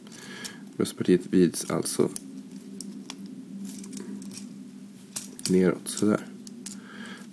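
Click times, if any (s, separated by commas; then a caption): 6.5 s, 6.7 s. Someone talks while pushing the folded plastic parts of a Transformers HFTD Scout Breacher transforming action-figure robot together during its transformation. Two sharp clicks sound at 6.5 s and 6.7 s as the parts seat into their locked positions, clicking in everywhere.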